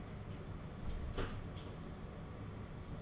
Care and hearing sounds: daily activity, microphone in the room; close door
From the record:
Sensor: 4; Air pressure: 1016.0 hPa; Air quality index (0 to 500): 204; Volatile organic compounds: 11 ppm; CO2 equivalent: 2324 ppm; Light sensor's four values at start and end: 9/20/8/7 and 9/20/8/7

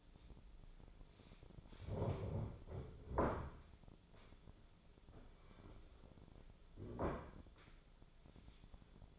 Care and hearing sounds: daily activity, microphone in the room; stand up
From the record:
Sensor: 5

